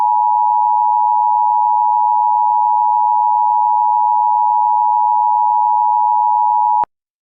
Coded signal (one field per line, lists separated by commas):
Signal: Emergency Alert System (SAME) tones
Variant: 853 and 960 Hz attention tone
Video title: [VALID TONES] EAS Scenario - Android Attack